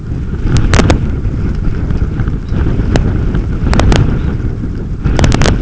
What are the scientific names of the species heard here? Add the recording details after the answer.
Phalaropus fulicarius. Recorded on Arctic tundra, site UTQI-5, on 28 June 2018. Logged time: 00:00